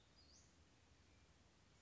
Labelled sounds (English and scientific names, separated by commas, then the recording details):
Western Flycatcher (Empidonax difficilis)
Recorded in Sonoma County, California